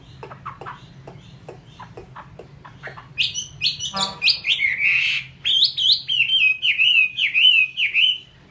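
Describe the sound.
Chinese hwamei: faint clicks at first, then loud melodious whistled phrases, a harsh rasp, and repeated looping notes rolling on steadily over a low hum.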